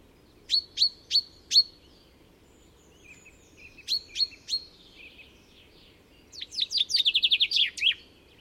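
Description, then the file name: Common chaffinch giving four sharp, high calls, then three more, ending with a fast run of bright notes; low steady background hum. "Fringilla coelebs"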